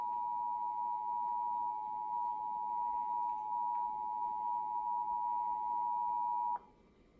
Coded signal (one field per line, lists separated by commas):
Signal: Emergency Alert System (SAME) tones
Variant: 853 and 960 Hz attention tone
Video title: EAS #35 - Nebraska SWA Week Tornado Watch